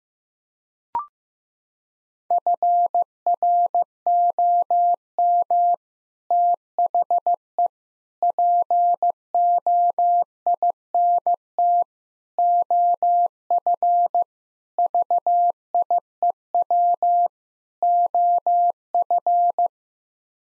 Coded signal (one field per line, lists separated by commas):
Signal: Morse code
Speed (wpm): 16 wpm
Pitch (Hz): 700 Hz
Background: none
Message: FROM THE POINT OF VIEW OF